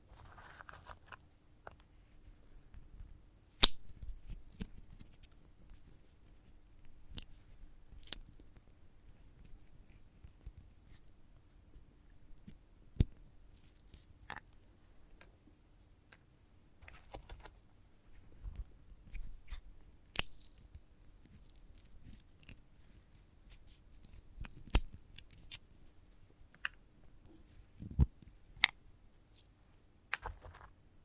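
Handling a sunflower head makes dry crackles, snips and rustles. Sharp clicks land every few seconds, loudest near 4, 13, 20, 25 and 28 seconds, with soft scratching and small ticks filling the gaps over a low, steady hum.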